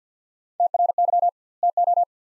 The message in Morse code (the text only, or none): TRY TO